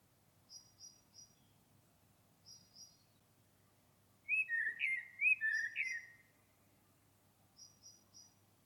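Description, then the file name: Common blackbird giving a loud, mellow warbled phrase in the middle, with another bird's high, thin triple notes repeating before and after. "Turdus merula"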